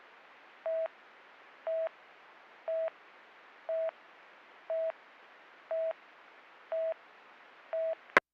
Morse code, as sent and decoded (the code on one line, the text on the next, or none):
none